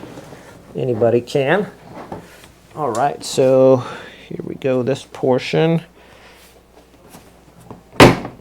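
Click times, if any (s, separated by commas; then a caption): 8.0 s. Someone talks while assembling a Homagico enclosed cat litter box, then presses a plastic side panel onto the litter box frame. It gives one loud, sharp snap at 8.0 s as the panel locks into place.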